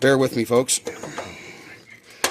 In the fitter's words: Slide it back into position with a little locking tab, pops back in.